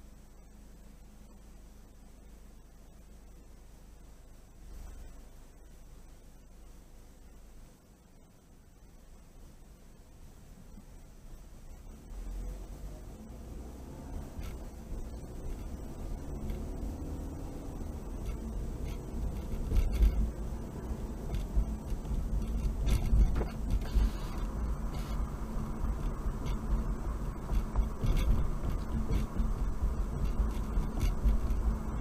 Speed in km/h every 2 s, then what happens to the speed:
0, 0, 0, 2, 3, 5, 13, 21, 29, 34, 39, 39, 39, 39, 39, 39.
0-7 standing. 7-19 pulls away to 39. 19-32 steady at about 39.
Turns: none.